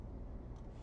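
A drawer without a self-retracting mechanism in a 2023 Tiffin RV is being handled as it slides toward its cabinet latch. Only a steady low rumble is heard, with no sharp transients. Nothing has seated or clicked into place yet.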